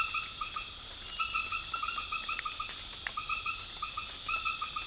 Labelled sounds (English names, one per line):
none